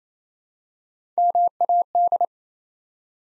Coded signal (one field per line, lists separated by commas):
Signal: Morse code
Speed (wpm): 27 wpm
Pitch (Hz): 700 Hz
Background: none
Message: MAD